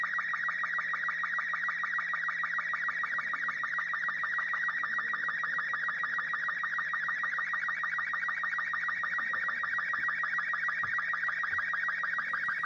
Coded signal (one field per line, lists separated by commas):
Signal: SSTV (slow-scan television)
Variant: Robot 36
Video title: SSTV - Easy , VGC N76